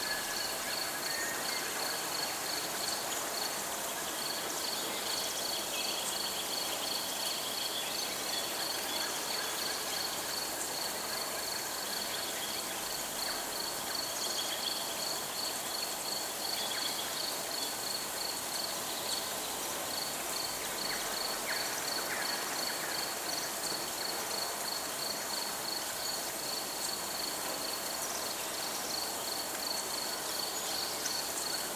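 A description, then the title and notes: Crickets chirp in a steady, fast, high pulse that runs through the whole stretch without a break. Beneath them a dense, even hiss of rain or running water fills the scene, with faint scattered bird calls here and there. A Week in New Hampshire - Sounds of Nature. Just the nature sounds. Rain, stream, birds and crickets.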